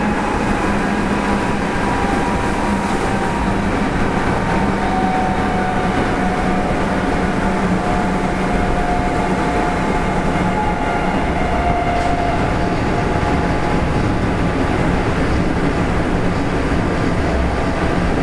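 Running sound of a Kintetsu 7000 series train: a steady, dense roar with a rumbling low end that holds the same loudness throughout. A thin motor whine rides above it, sliding slightly lower in pitch midway through before settling.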